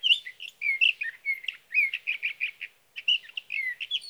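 Sage thrasher song: rapid, varied warbling notes with repeated slurred phrases, one short pause near the three-second mark.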